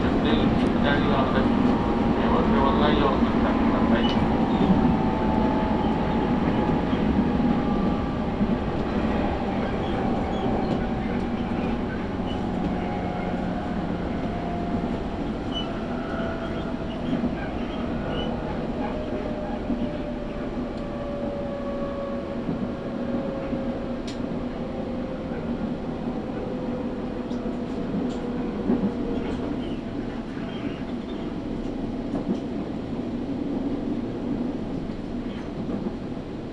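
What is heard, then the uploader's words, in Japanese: A Tokaido Line train rolls steadily with a dense low rumble, a faint whine slowly falling in pitch, and occasional clicks over the rails. 東海道本線 浜松→豊橋。6:20発の豊橋行きに乗車して。多少は通勤通学ラッシュにも入りこみます。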